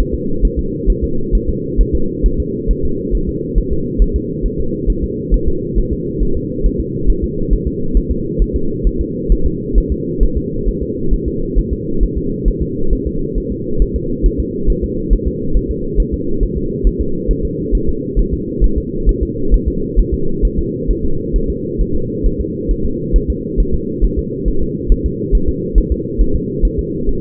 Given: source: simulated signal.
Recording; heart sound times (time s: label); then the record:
fetal heart sounds
0.00 s: S1
0.14 s: S2
0.45 s: S1
0.59 s: S2
0.90 s: S1
1.04 s: S2
1.35 s: S1
1.49 s: S2
1.81 s: S1
1.95 s: S2
2.26 s: S1
2.40 s: S2
2.71 s: S1
2.85 s: S2
3.15 s: S1
3.29 s: S2
3.58 s: S1
3.72 s: S2
4.02 s: S1
4.16 s: S2
4.46 s: S1
4.60 s: S2
4.90 s: S1
5.04 s: S2
5.34 s: S1
5.48 s: S2
5.78 s: S1
5.93 s: S2
6.23 s: S1
6.37 s: S2
6.66 s: S1
6.80 s: S2
7.10 s: S1
7.24 s: S2
7.53 s: S1
7.67 s: S2
7.97 s: S1
8.11 s: S2
8.42 s: S1
8.56 s: S2
8.87 s: S1
9.01 s: S2
9.32 s: S1
9.46 s: S2
9.78 s: S1
9.92 s: S2
10.23 s: S1
10.37 s: S2
10.68 s: S1
10.83 s: S2
11.14 s: S1
11.28 s: S2
11.58 s: S1
11.73 s: S2
12.03 s: S1
12.17 s: S2
12.48 s: S1
12.62 s: S2
12.93 s: S1
13.07 s: S2
13.38 s: S1
13.52 s: S2
13.82 s: S1
13.96 s: S2
14.26 s: S1
14.40 s: S2
14.70 s: S1
14.84 s: S2
15.13 s: S1
15.27 s: S2
15.57 s: S1
15.71 s: S2
16.00 s: S1
16.14 s: S2
16.43 s: S1
16.57 s: S2
16.87 s: S1
17.01 s: S2
17.31 s: S1
17.45 s: S2
17.75 s: S1
17.89 s: S2
18.19 s: S1
18.33 s: S2
18.64 s: S1
18.78 s: S2
19.09 s: S1
19.23 s: S2
19.54 s: S1
19.68 s: S2
19.99 s: S1
20.14 s: S2
20.45 s: S1
20.59 s: S2
20.90 s: S1
21.05 s: S2
21.36 s: S1
21.50 s: S2
21.81 s: S1
21.95 s: S2
22.26 s: S1
22.41 s: S2
22.71 s: S1
22.85 s: S2
23.16 s: S1
23.30 s: S2
23.60 s: S1
23.74 s: S2
24.04 s: S1
24.19 s: S2
24.48 s: S1
24.62 s: S2
24.92 s: S1
25.06 s: S2
25.35 s: S1
25.49 s: S2
25.78 s: S1
25.92 s: S2
26.21 s: S1
26.35 s: S2
26.65 s: S1
26.79 s: S2
27.09 s: S1
From the record:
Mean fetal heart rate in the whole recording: 135 bpm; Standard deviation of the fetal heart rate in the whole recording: 3 bpm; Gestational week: 36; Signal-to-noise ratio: -8.1 dB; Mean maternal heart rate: 72 bpm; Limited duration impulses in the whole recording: absent